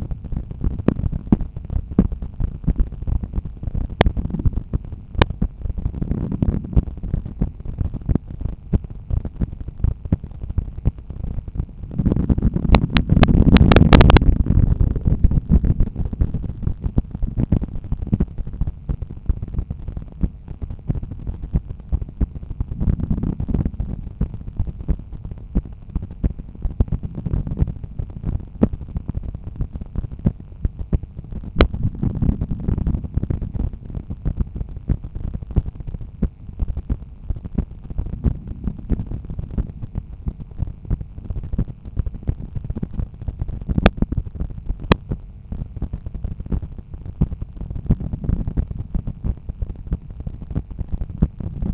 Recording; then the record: heart sounds by stethoscope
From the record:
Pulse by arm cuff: 90 bpm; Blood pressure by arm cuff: 137/88 mmHg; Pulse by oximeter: 89 bpm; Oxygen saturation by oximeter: 99%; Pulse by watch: 86 bpm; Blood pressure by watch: 113/74 mmHg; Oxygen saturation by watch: 98%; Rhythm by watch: sinus rhythm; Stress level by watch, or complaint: low stress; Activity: after 5 min smoking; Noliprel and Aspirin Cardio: no pills today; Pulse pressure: 49 mmHg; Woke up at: 7:00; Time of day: 8:12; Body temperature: 36.9 C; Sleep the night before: 8 h 5 min, score 54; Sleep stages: REM 28%, light 57%, deep 5%, awake 10%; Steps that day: 9800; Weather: rain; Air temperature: 15.7 C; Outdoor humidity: 91%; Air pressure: 1011 hPa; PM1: 6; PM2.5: 11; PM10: 15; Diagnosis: hypertension, treated with Noliprel and Aspirin Cardio 100 mg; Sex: male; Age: 53 years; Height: 174 cm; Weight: 81 kg